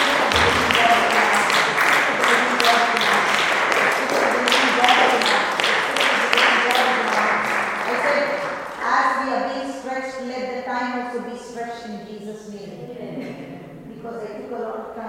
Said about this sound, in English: Praise God. Hallelujah. Glory to God. Let's continue to clap for the Lord.